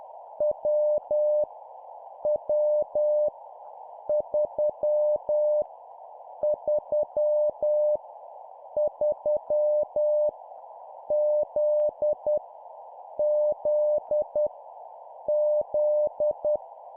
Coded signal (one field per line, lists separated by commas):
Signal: Morse code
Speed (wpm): 10 wpm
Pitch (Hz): 600 Hz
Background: none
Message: W W 3 3 3 Z Z Z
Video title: 10wpm Repeat three times Random Letter Number, morse code practice